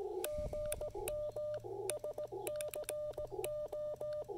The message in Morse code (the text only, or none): GM SCO